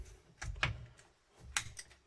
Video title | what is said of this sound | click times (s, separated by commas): Milwaukee PH26 TX, Hammer drill. | so you hear the click that's mean you're okay | 1.6 s